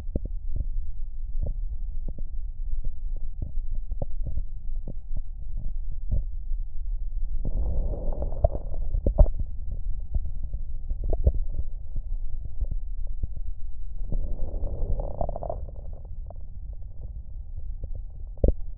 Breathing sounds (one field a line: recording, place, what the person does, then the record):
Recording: lung sounds by stethoscope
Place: right posterior basal chest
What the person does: quiet breathing, then deep breathing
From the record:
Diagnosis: interstitial lung disease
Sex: female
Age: 65 years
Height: 156 cm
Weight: 66.8 kg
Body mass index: 27.4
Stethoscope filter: extended mode